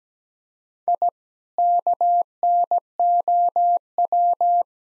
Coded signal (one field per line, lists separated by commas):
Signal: Morse code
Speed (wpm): 17 wpm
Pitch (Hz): 700 Hz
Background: none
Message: I KNOW